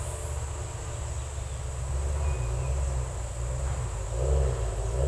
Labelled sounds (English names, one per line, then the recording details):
none
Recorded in dense forest near Puerto Asís, Putumayo, Colombia, on 16 December 2024 at 10:00
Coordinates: 0.467, -76.328
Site GP05